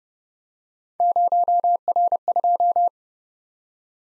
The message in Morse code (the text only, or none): 0R2